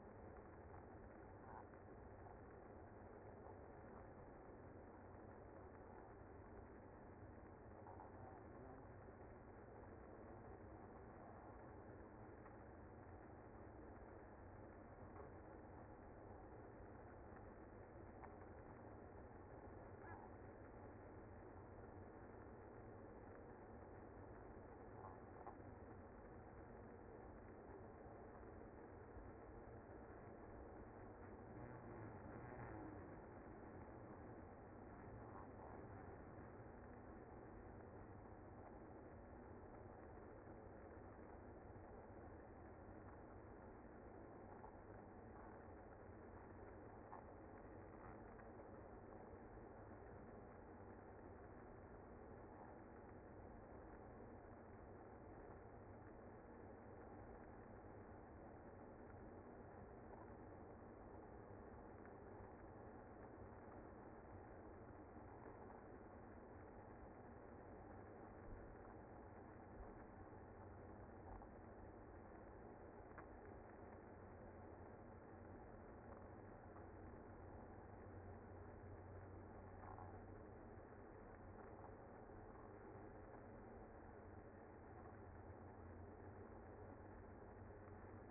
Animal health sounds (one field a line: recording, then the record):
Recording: honeybee colony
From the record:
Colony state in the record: active